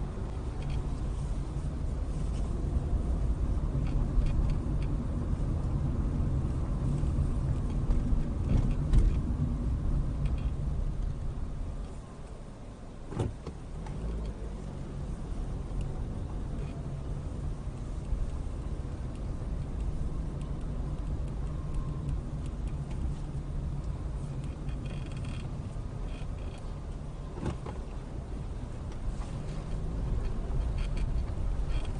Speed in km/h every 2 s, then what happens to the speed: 16, 21, 24, 24, 21, 8, 0, 6, 15, 15, 15, 15, 11, 6, 8, 10.
0-4 speeds up to 24. 7-11 brakes to 0. 11-13 standing. 13-16 pulls away to 15. 16-23 steady at about 15. 23-26 slows to 6. 26-32 steady at about 8.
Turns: 23-28.